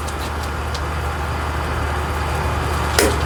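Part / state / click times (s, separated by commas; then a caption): torque wrench on a 19 mm bolt of the rear brake/axle assembly / torque reached / 3.0 s. A torque wrench tightens a 19 mm bolt on the rear brake/axle assembly of a Nissan Xterra during a rear hub seal and bearing replacement. Over a steady low background hum, the wrench gives one sharp click at 3.0 s. The click shows the bolt has reached the set torque and is tightened.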